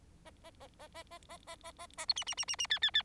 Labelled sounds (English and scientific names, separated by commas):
Bengalese Finch (Lonchura striata domestica) song